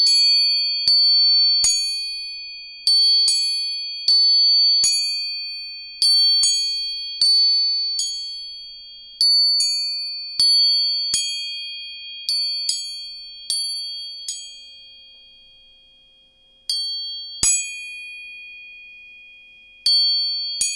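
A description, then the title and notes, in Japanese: A tuning fork is struck again and again, roughly every second, each sharp metallic tap leaving a clear, high, pure ring that slowly fades. The pitch holds steady throughout, with a brief quieter stretch near fifteen seconds before the strikes resume. 音叉チューニング3本。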